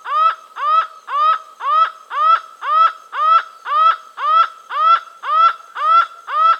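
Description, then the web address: Laughing falcon calling a steady series of loud, harmonic upslurred notes, about two per second, evenly spaced and repeated throughout with a quiet background. Venezuela; from a collection of Amazon bird sounds. "Natures Songs S America Birds of the Amazon Laughing Falcon (Herpetotheres cachinnans), Venezuela"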